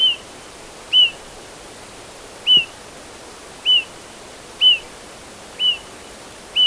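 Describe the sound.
Pied bush chat repeating a crisp upslurred whistle that tails off, roughly once a second, seven times in all, with soft background hiss.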